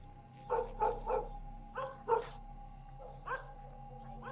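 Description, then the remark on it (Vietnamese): A yellow dog barks at night at a house, on hearing people arrive, in short, sharp bursts: a quick run of three, then a pair, then one last yelp, over a faint steady hum. “Đến nơi, con chó vàng nghe thấy động liền dẩu mõm ra ngoài mà sủa ông ổng”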